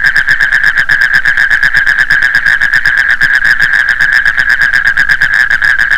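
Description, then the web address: Frog calling in a continuous rapid pulsed trill, a bright steady tone pulsing without pause, no other clear sounds. "Frogs World"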